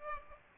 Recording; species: mosquito wingbeat signal from an infrared sensor; Aedes aegypti